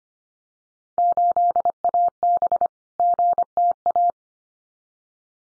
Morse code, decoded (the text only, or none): 8AB GTA